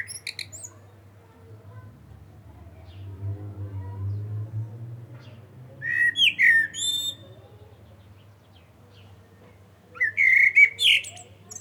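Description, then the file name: Common blackbird song of warbled whistles finishing in shrill squeaks, two main phrases in the second half, over a steady low hum. "Turdus merula"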